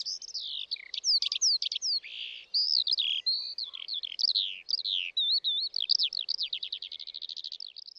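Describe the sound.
Eurasian skylark singing a fluent, high warble of slurred and trilled phrases that ends in a rapid series of repeated sweeping notes, over a faint low hum.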